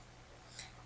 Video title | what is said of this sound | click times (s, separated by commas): Spellbinders Glimmer Hot Foil System / 2 Projects | there's a connector there you just slide it in until it clicks and you are good to go | 0.6 s